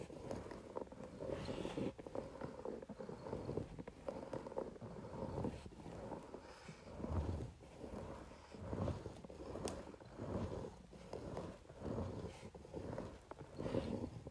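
A facial roller rolls across paper, making a continuous low rumbling scrape that swells and fades in uneven strokes every second or so. The texture is dense and gritty throughout, with occasional brief brighter clicks and ticks, one sharper near ten seconds.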